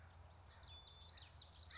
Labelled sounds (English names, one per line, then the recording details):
Common Yellowthroat
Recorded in Sonoma County, California